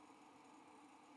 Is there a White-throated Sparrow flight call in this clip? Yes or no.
no